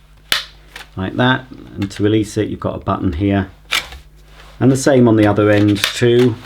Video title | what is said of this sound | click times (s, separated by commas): Miele Blizzard CX1 Parquet Bagless Vacuum Cleaner Unboxing & Review | that just pushes in and it will click into position like that | 0.3 s